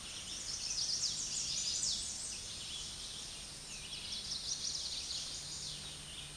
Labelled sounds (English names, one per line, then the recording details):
Chestnut-sided Warbler song
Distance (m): 25 m
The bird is about 5 m above the microphone
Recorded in a Pennsylvania forest on 16 May 2024 at 07:55
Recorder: AudioMoth, point MSD-2027
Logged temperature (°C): 15.6 °C
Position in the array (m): 81 m, 221 m